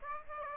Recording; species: mosquito wingbeat signal from an infrared sensor; Aedes aegypti